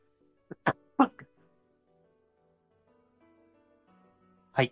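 An adult man with a persistent cough with phlegm of about a week, which keeps him awake at night, gives a quick cluster of four short, harsh cough bursts, followed after a few seconds of quiet by one more cough.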